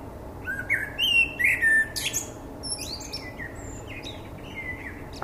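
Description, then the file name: Common blackbird song: mellow fluted warbles followed by a burst of thin, high, squeaky twittering. "Turdus merula"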